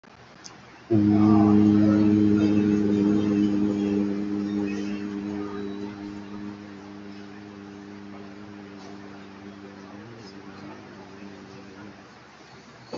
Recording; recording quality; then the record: sustained vowel as in boot; moderate, slight background noise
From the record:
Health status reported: COVID-19 positive, mild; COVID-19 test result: positive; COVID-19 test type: RT-PCR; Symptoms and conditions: cough, cold, sore throat, fever, muscle pain, loss of smell and taste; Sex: male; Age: 41 years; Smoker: no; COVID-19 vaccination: one dose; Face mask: worn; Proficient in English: yes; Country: India